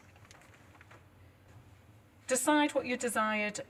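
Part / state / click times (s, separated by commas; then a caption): dressing tube connector into canister tube connector / seated / 0.3 s. The tube from a patient's wound dressing is pushed into the tube leading to the canister of a negative-pressure wound therapy unit. A short, sharp click is heard at 0.3 s as the two connectors click together and seat. Someone then talks.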